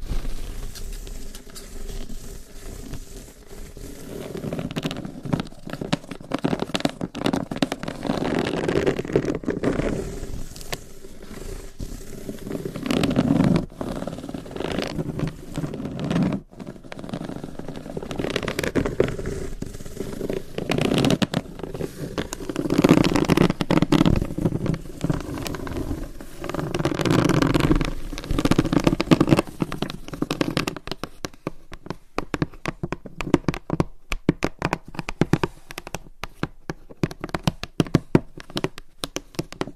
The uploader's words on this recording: Tapping & Scratching on Hollow Boxes with Long Nails. No Talking.